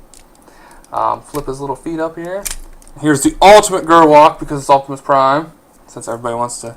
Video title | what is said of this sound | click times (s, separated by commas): G1 Optimus Prime Review | and they'll snap into place | 0.1 s